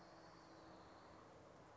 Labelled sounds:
Orange-crowned Warbler
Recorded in Sonoma County, California

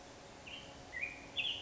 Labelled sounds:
Black-headed Grosbeak
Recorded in Sonoma County, California

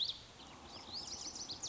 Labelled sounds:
Lazuli Bunting
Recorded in Sonoma County, California

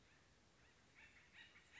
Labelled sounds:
Acorn Woodpecker
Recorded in Sonoma County, California

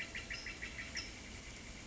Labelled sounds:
California Towhee
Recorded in Sonoma County, California

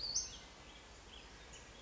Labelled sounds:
Western Flycatcher
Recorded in Sonoma County, California

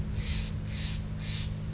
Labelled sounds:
Steller's Jay
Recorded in Sonoma County, California

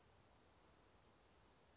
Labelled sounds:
Western Flycatcher
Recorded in Sonoma County, California

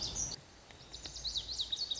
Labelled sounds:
Lazuli Bunting
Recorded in Sonoma County, California

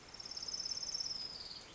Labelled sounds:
Orange-crowned Warbler
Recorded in Sonoma County, California

